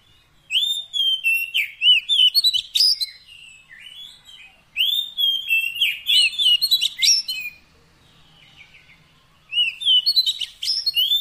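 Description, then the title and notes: Oriental magpie-robin song: rich, varied whistled phrases with fast trills and slurred notes, delivered in three bursts separated by pauses. Fill-in (isian) song meant to make the bird sing energetically (gacor) day and night. "Kacer Jadi Gacor Siang Malam. Isian Kacer"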